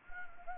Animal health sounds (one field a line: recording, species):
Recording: mosquito wingbeat signal from an infrared sensor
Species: Anopheles gambiae